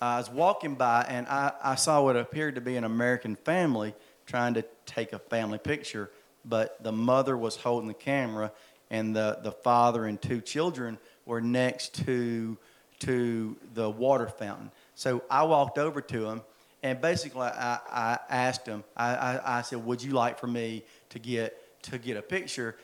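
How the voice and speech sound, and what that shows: An adult man narrates a story with repeated words, stretched sounds and silent blocks, which he himself describes as stuttering pretty badly: stuttering, a speech fluency disorder.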